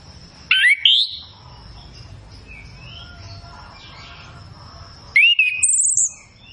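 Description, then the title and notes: Chestnut-capped thrush song: two bursts of loud whistled and buzzy notes several seconds apart, with faint chirps between. Song filled with varied phrases (isian), used as a lure to prompt a kept thrush to sing loudly and freely (ngeplong). "Masteran Anis Kembang Full Isian Untuk Suara Pancingan Anis Kembang Agar Cepat Ngeplong. Suara Burung Anis Kembang"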